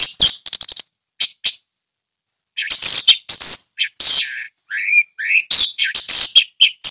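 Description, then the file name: Orange-headed thrush song of rapid chattering notes, a silent stretch, then loud scratchy phrases mixed with short warbled whistles. Song in the ngeplong style. "anis merah ngeplong"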